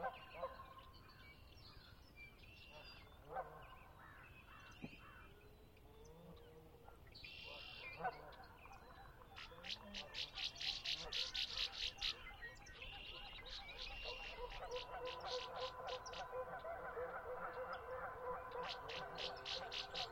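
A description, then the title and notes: Birds call at Conner's Lake at dawn, with scattered chirps early, then rapid repeated trilling bursts from about ten seconds over steady low murmur. Conner's Lake, chilly Spring dawn. Sinlahekin Wildlife Area. The temperature was chilly, barely above freezing, but the birds were abundant.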